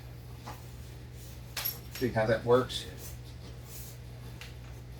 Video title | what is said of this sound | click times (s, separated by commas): WEN drywall sander tool review | Flip that over. Flip that up. Flip that catch, and then pop it down. | 1.6 s